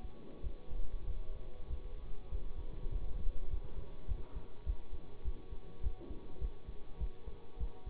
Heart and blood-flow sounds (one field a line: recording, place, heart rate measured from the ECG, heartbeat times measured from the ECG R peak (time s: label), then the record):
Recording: heart sounds by stethoscope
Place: between the tricuspid and mitral areas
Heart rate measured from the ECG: 100 bpm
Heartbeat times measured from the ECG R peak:
0.41 s: heartbeat
1.05 s: heartbeat
1.68 s: heartbeat
2.29 s: heartbeat
2.90 s: heartbeat
3.48 s: heartbeat
4.06 s: heartbeat
4.64 s: heartbeat
5.23 s: heartbeat
5.81 s: heartbeat
6.39 s: heartbeat
6.98 s: heartbeat
7.58 s: heartbeat
From the record:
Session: bicycle stress test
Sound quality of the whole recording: good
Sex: male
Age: 24 years